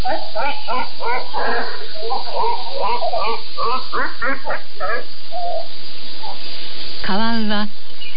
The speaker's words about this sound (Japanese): さらに奥に行くと、山に囲まれた湯西川湖が水をたたえていました。夜明け前の湖から奇妙な鳴き声が聞こえてきました。カワウの声です。